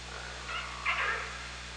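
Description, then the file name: Killer whale call underwater: a brief, faint, warbling tone near the middle, partly buried in steady hiss and low hum. Killer whale recorded with a hydrophone on 24 August 2017 at about 18:30. "Orca Lab"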